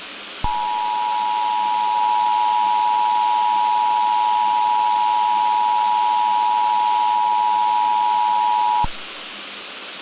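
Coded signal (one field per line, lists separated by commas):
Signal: Emergency Alert System (SAME) tones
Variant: 853 and 960 Hz attention tone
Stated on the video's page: Fictional analog-horror EAS scenario using valid SAME tones.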